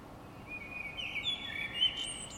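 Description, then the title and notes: Bird song: a brief flowing phrase of quick, liquid warbling notes with a few high thin whistles, set against a low steady hiss. Heard in the middle of the night in the courtyard of an apartment in Paris; recorded by Stefana Fratila for the Music for Sleep project. "Parisian bird singing in the middle of the night. I woke up in the middle of the night and heard this beautiful birdsong in the courtyard of the apartment I was staying in. Recorded by Stefana Fratila. Part of the Music for Sleep project"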